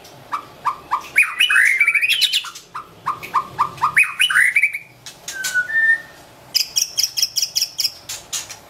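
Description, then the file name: White-rumped shama song: quick rising whistled trills, pure drawn-out notes, then a fast run of clicking chips and high whistles. Wild bird from a forest in Medan, singing actively (gacor). "suara burung murai batu hutan medan gacor"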